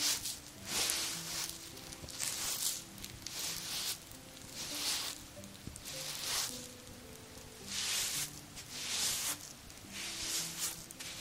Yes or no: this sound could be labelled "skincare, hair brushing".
yes